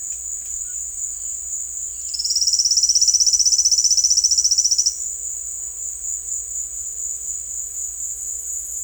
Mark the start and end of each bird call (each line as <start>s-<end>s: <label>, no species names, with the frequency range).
1.92s-4.94s: bird call (2.2-6.7 kHz)